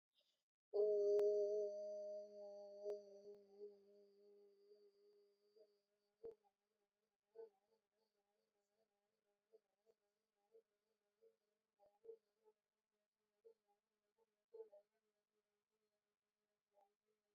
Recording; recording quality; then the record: sustained vowel as in boot; moderate, slight background noise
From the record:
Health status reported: COVID-19 positive, mild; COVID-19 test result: positive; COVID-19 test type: RT-PCR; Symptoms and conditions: fever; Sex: female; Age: 23 years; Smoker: yes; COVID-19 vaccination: both doses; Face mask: not worn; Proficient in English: yes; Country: India